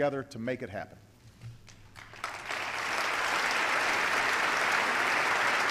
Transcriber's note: applause